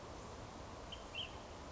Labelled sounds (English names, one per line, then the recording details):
Ash-throated Flycatcher
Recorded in Sonoma County, California